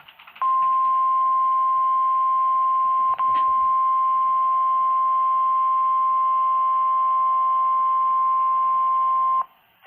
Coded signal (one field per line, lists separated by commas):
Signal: Emergency Alert System (SAME) tones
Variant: 1050 Hz attention tone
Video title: [EAS #45] RWT (3/28/2018)